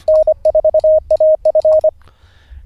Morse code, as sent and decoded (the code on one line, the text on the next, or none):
-. ....- .- ..-.
N4AF